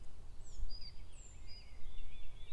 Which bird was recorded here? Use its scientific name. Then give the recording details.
Sylvia atricapilla. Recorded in Germany. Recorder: ecoPi